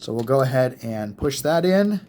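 A small plastic piece of a 2009 Transformers Revenge of the Fallen leader class Optimus Prime toy is lined up to be pushed into a groove on the toy while someone talks. Nothing has seated or clicked yet in this clip.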